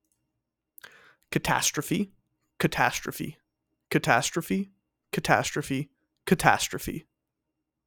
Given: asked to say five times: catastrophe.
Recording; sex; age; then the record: repeated word; male; 20 to 29 years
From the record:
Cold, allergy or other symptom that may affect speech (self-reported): no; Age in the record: 24 years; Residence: Maryland, United States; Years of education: 16